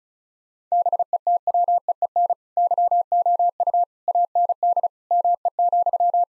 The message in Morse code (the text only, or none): BETWEEN YOU AND ME,